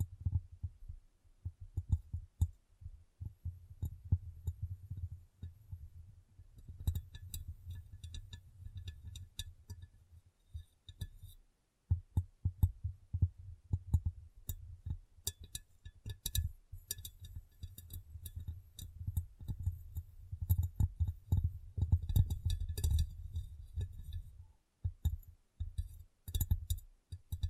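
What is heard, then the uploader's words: Fingers tap and rub on glass, with rapid irregular knocks, soft low thuds, and occasional bright clinks throughout. ASMR Glass Brain Tapping & Cleaning (No Talking).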